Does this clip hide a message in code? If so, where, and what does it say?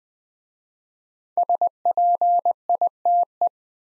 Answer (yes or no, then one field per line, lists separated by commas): yes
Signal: Morse code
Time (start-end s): 1.4-3.5 s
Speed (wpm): 20 wpm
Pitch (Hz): 700 Hz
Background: none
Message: SPITE